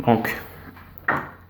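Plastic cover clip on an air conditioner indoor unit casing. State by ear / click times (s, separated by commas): released / 1.1 s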